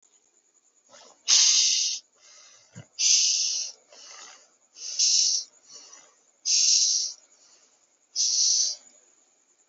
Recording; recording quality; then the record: shallow breathing; excellent, no background noise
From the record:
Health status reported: healthy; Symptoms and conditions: none ticked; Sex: male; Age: 21 years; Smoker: not ticked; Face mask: not worn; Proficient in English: yes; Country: India